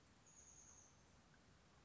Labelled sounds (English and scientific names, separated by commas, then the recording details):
Chestnut-backed Chickadee (Poecile rufescens)
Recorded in Sonoma County, California